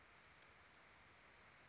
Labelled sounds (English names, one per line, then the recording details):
Chestnut-backed Chickadee
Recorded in Sonoma County, California